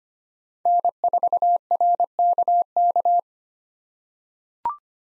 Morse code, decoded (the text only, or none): N4RKK